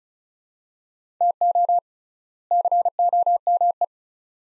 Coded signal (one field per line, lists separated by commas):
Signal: Morse code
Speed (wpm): 34 wpm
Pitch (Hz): 700 Hz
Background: none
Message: TO COME